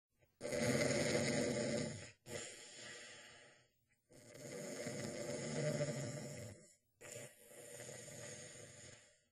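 Loud, rough, rattling snores come in long inhalations, each followed by a softer exhaled rumble, about two full cycles in nine seconds, from an adult sleeper. This is ordinary snoring from vibration of the soft tissues of the throat during sleep.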